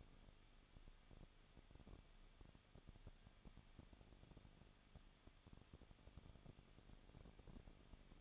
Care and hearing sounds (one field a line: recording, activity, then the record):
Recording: daily activity, microphone in the room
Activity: no activity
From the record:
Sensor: 4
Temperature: 23.1 degrees Celsius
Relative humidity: 34.3%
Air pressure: 1007.2 hPa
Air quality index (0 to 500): 215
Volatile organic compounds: 15 ppm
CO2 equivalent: 2490 ppm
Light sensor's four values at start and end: 2/3/1/1 and 2/3/1/1